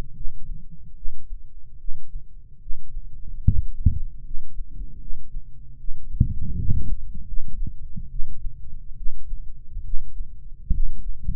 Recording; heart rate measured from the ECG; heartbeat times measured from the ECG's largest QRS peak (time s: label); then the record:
heart sounds by microphone in the right ear; 74 bpm
0.10 s: heartbeat
0.91 s: heartbeat
1.75 s: heartbeat
2.56 s: heartbeat
3.39 s: heartbeat
4.19 s: heartbeat
4.95 s: heartbeat
5.74 s: heartbeat
6.51 s: heartbeat
7.22 s: heartbeat
8.06 s: heartbeat
8.92 s: heartbeat
9.79 s: heartbeat
10.68 s: heartbeat
From the record:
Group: healthy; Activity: rest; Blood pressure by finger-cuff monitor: 96/66 mmHg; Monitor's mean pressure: 75 mmHg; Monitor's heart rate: 74 bpm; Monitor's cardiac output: 5.9 L/min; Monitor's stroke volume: 79 mL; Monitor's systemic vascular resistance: 920 dyn s/cm5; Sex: male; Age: 20 years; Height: 187 cm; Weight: 68.9 kg